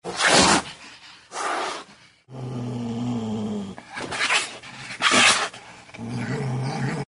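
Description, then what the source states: Cat growling and hissing: sharp breathy hisses alternate with low, steady rumbling growls, about four hisses across seven seconds. Angry cat growling.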